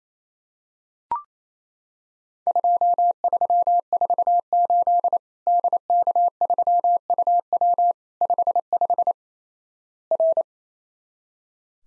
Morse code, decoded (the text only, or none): 2348 DK3UW 55 R